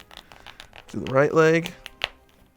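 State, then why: Seated. A right plastic leg of a Marvel Legends Monster Venom build-a-figure is pressed into the figure's hip socket, with faint small plastic clicks and handling noises before someone talks. A sharp pop at 2.0 s marks the leg seating firmly into the hip joint, giving a nice tight joint.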